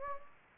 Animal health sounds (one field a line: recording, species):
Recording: mosquito wingbeat signal from an infrared sensor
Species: Anopheles gambiae